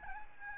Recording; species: mosquito wingbeat signal from an infrared sensor; Aedes albopictus